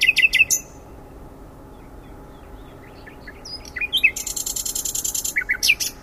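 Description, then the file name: Common nightingale song: rapid harsh notes, a quiet pause, soft scattered chirps, then a rattling high-pitched trill. "Luscinia megarhynchos"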